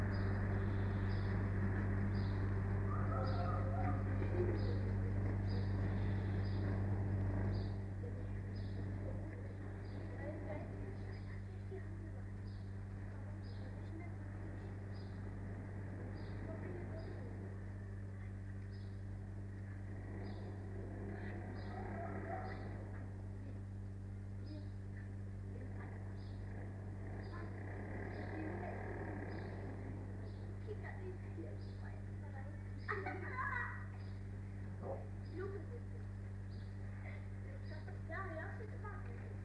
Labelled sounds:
Arctic Fox (Vulpes lagopus)

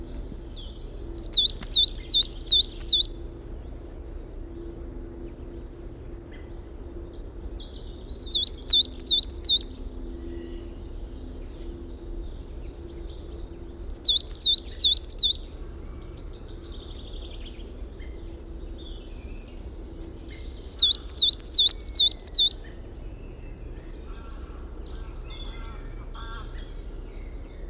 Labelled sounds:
Coal Tit (Periparus ater) song

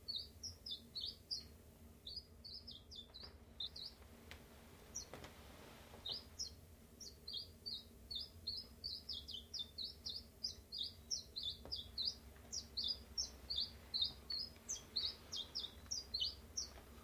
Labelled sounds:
Common Chiffchaff (Phylloscopus collybita)

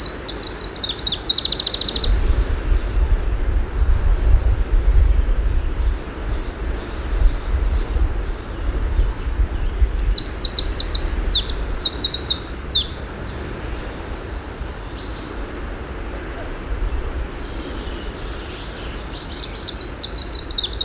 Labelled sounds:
Greenish Warbler (Phylloscopus trochiloides) song

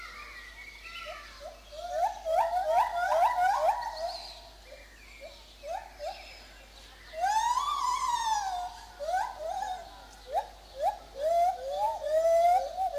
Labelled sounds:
Lar Gibbon (Hylobates lar)

